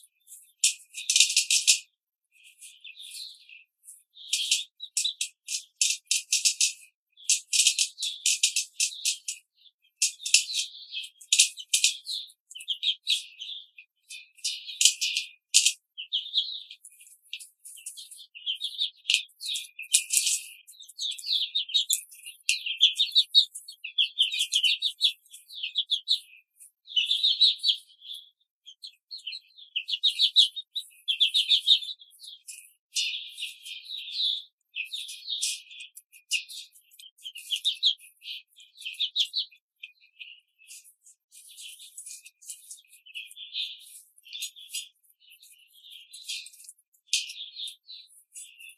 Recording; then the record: young laying hens in a cage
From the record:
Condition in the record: control cage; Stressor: none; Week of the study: 5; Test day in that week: 1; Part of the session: 4